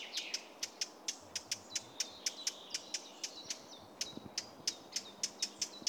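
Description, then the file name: Eurasian blackcap giving hard clicking tac calls, repeated rapidly throughout, with soft warbling from other birds behind. "Sylvia atricapilla"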